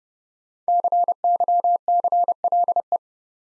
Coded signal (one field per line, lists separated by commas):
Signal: Morse code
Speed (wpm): 30 wpm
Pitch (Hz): 700 Hz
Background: none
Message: CYCLE